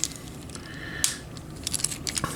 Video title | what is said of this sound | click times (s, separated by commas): Transformers Studio Series 81: Wheeljack | And again, they will snap into place, just like that. | 1.0 s